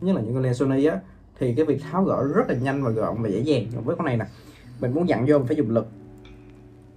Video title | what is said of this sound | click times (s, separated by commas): Đánh giá Sigma 28-70 F2.8 SONY sau một năm sử dụng và lý do vì sao mình chuyển qua Tamron 20-40 2.8 | bạn không nghe tiếng cạch luôn đúng không | none